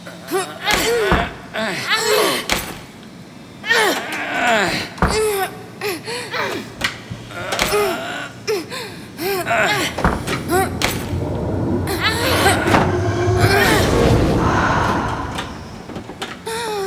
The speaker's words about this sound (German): Los, wir müssen sie da rausholen. Helft mir, die Tür aufzubrechen.